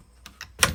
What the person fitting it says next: slide them in and it snaps right in